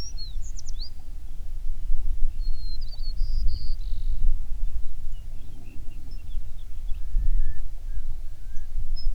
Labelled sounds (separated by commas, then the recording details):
songbird, wind
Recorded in the Prudhoe Bay oil fields, Alaska, on 11 June 2019 at 05:16
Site 21